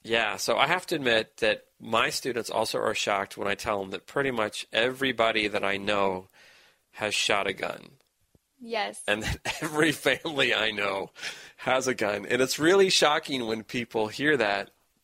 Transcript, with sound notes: Yeah, so I have to admit that my students also are shocked when I tell them that pretty much everybody that I know has shot a gun.
Yes.
(laughs) And every family I know has a gun and it's really shocking when people hear that,